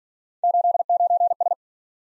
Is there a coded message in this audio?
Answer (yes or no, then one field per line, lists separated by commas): yes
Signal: Morse code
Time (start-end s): 0.4-1.5 s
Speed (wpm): 46 wpm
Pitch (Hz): 700 Hz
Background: none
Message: 89S